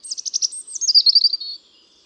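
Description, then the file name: European robin song: a fast high trill of repeated notes running into a liquid, descending warble that fades out after about one and a half seconds. "Erithacus rubecula"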